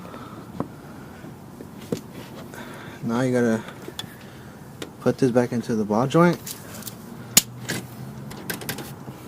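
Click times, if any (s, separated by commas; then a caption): 7.4 s. On a Mazdaspeed 3 with a short shift plate just fitted, the shift cable end is pressed back onto the shifter ball joint while someone talks. A sharp little click is heard at 7.4 s among quieter handling taps. The cable end has clicked on but may not be fully seated, since the click alone does not mean it is all the way on.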